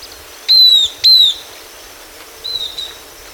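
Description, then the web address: Southern beardless tyrannulet calling: two quick high whistles that slide slightly downward, then a fainter similar note, with steady background hiss. Ecuador. "Natures Songs S America Birds of Ecuador Southern Beardless Tyrannulet"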